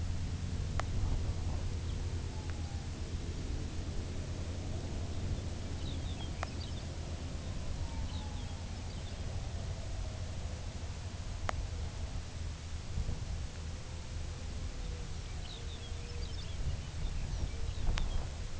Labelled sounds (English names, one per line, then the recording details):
unidentified sound
Lapland Longspur
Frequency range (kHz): Lapland Longspur 1.7-6.0 kHz
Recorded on Arctic tundra, site UTQI-2, on 15 June 2019
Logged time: 22:00